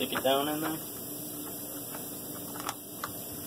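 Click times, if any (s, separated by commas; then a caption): 2.7 s, 3.0 s. Someone talks while a plastic engine cover with two small latches on its bottom edge is pushed down into place on a chainsaw housing. Two short, sharp clicks follow at 2.7 s and 3.0 s, one for each latch, and the cover is seated.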